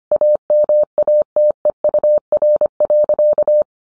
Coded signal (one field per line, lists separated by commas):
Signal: Morse code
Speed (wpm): 25 wpm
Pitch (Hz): 600 Hz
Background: none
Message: AMATEUR.